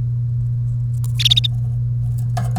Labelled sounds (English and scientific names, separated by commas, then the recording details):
Domestic Canary (Serinus canaria) song
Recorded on 1 May 2018 at 09:53
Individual llb3